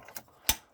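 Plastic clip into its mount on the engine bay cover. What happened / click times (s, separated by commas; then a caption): The plastic clip snapped into its mount / 0.5 s. The next plastic clip on the engine bay cover of a 2006 Scenic 2 1.5 dCi is pushed into its mount during an oil change. Faint ticks at about 0.1 and 0.2 s are followed by a sharp, loud click at 0.5 s as the clip snaps in, then a soft tap near the end. The clip is seated.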